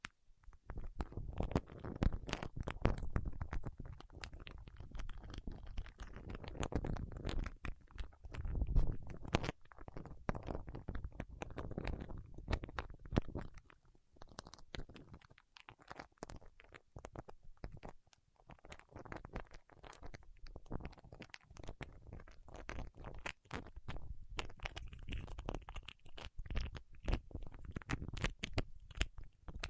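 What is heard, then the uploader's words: Fingertips work against wax, making a dense run of sticky crackles, soft ticks and muffled squishing over a low, rumbling undertone. The activity is busy and uneven, easing into a quieter, sparser stretch around the middle before picking up again. ASMR with Wax Fingertips for Sleep (No Talking).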